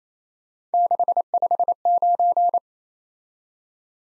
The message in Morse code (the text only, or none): 659